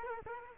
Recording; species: mosquito wingbeat signal from an infrared sensor; Culex quinquefasciatus